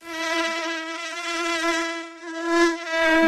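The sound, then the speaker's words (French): A loud, continuous insect buzz fills the whole stretch, a rich droning whine whose pitch wavers slightly up and down as it hovers, with no voices alongside. “Vapona, votre arme contre les insectes.”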